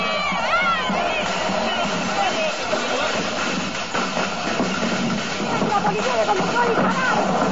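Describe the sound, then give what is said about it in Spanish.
A loud, dense roar of a crowd of piqueteros protesters coming along Avenida Mitre, many voices shouting and calling over one another in a steady, unbroken din for the whole stretch. “Ahora va a recibir a un grupo de piqueteros que está viniendo por la avenida Mitre.”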